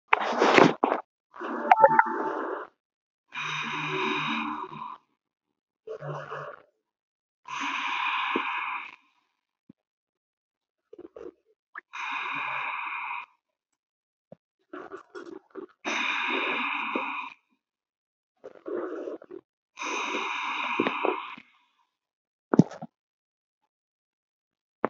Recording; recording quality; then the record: shallow breathing; excellent, no background noise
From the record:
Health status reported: healthy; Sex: female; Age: 30 years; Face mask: not worn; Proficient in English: yes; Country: India